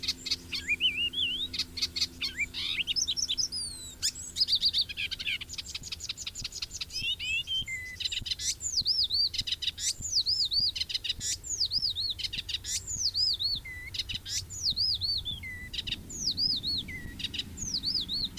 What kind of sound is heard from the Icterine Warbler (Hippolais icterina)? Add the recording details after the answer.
song. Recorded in the wild. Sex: male. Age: adult. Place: Hemhofen, Bayern, DE. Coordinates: 49.68, 10.9361. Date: 1964-06-02. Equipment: Original, Vollspur, Parabolspiegel Grampian. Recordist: Tretzel, Erwin